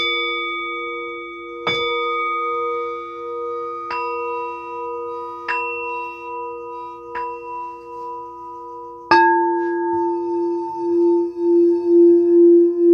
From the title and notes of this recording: Sound Bowl Healing.